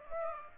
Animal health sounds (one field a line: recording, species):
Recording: mosquito wingbeat signal from an infrared sensor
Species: Aedes aegypti